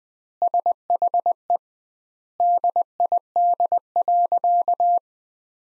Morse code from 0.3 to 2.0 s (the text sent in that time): SHE